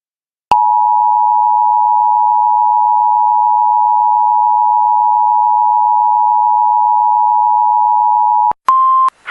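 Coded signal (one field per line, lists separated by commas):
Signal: Emergency Alert System (SAME) tones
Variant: 853 and 960 Hz attention tone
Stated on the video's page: Real US EAS alerts recorded during the year: required weekly tests, special marine warnings and flash flood warnings from various regions and broadcasters.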